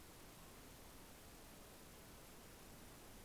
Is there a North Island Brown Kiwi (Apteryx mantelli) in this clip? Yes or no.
no